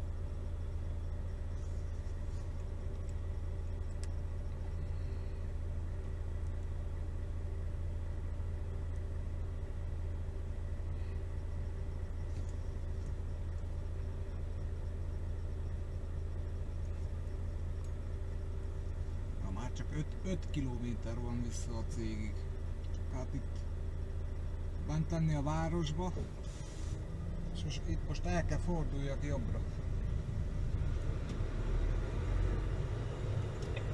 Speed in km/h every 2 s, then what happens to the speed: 0, 0, 0, 0, 0, 0, 0, 0, 0, 0, 0, 0, 0, 0, 0, 9, 7.
0-28 standing. 28-34 steady at about 7.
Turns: none.